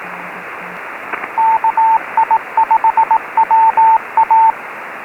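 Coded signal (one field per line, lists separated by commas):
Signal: Morse code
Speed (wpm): 18 wpm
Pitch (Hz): 900 Hz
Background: radio noise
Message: KI5WA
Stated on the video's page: Morse from a park activation at Anza-Borrego State Park (K-1126), from a restored recording.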